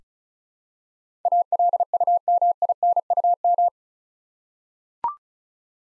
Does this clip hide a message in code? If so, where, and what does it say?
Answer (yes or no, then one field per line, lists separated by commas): yes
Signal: Morse code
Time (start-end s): 1.3-3.7 s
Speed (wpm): 36 wpm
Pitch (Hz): 700 Hz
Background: none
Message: ALUMINUM